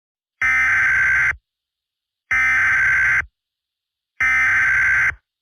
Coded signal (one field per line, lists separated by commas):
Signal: Emergency Alert System (SAME) tones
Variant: header bursts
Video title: eas scenario catemojibabyheat part 36 the young country bombers vs emoji cat baby abuse